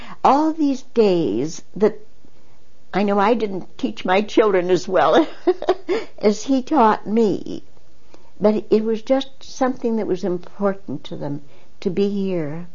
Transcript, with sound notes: All these days that I know I didn't teach my children as well (she laughs) as he taught me, but it was just something that was important to them, to be here.